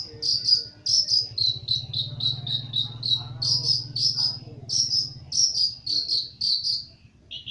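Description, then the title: Long-tailed shrike singing a run of short high notes, each a bright chirp, spaced unevenly a few per second, over a faint low hum. Champion bird. "Kicau Burung Cendet Juara"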